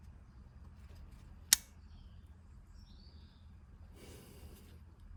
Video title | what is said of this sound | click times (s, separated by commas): BMW F11 estate 520d EGR valve replacement possible limp mode using ISTA D software | so i heard that clicking in | 1.5 s